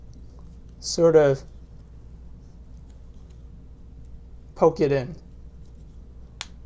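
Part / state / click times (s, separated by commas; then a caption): clear plastic case onto a smartphone / seated / 6.4 s. The edges of an Obliq Naked Shield clear plastic case are poked into place around a Samsung Galaxy Note 5 smartphone while someone talks. A sharp snap is heard at 6.4 s as the case snaps on and is seated, fully installed.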